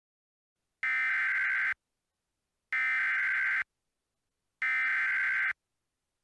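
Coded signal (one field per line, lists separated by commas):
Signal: Emergency Alert System (SAME) tones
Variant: header bursts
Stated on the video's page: Mock EAS scenario recreating the May 30, 2004 severe weather outbreak.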